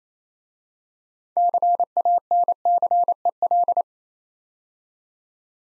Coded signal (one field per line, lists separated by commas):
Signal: Morse code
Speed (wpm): 29 wpm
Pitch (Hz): 700 Hz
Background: none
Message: CANCEL